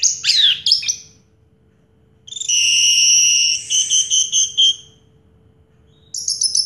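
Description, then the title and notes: Orange-headed thrush singing: a quick scratchy phrase, a pause, then a long steady high whistle breaking into pulsed notes, then a fresh phrase after another pause. Indonesian 'teler' song style with a clear voice; part of a complete collection of this thrush's sounds. "Anis Merah Teler Suara Jernih. kumpulan suara anis merah lengkap"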